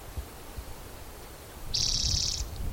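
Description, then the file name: Spotted towhee giving a single brief, harsh buzzing trill near the end, with quiet low-frequency rumble throughout. Individual number 8 at Black's Creek, Cicero, 16 June 2010, around 4:30 in the afternoon. "Cicero 16 Jun 2010 Pmaculatus"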